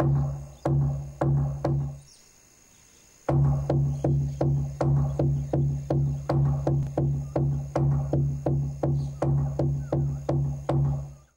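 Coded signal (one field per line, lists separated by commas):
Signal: drum signal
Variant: garamut slit drum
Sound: deep wooden booming strokes, steady and fast, with a brief pause after four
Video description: Church garamut announces service. (0.56) This drum has the head of a crocodile at one end and a crucifix at the other. It is used instead of, or in addition to, bells to summon people to worship.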